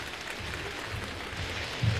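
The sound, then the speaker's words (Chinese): Steady applause from a university audience at Peking University greeting performers of traditional crosstalk, a dense, even wash of clapping that holds at a constant level for the whole two seconds, swelling slightly near the end. “感谢您的掌声， 谢谢， 谢谢大家 啊。”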